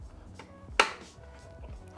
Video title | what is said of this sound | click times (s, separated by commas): How to Install a Motherboard into a PC Case | there we go we have our satisfying click | 0.8 s